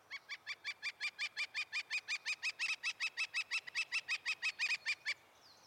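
Northern flicker calling: a long, even run of loud, nasal notes lasting about five seconds.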